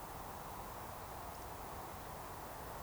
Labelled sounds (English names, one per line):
Eurasian Woodcock whistle